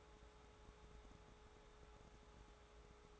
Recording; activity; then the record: daily activity, microphone in the room; take from stove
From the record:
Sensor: 3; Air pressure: 1010.3 hPa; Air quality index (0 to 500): 166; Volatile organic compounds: 9 ppm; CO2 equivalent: 2176 ppm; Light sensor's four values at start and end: 50/123/54/60 and 50/123/54/60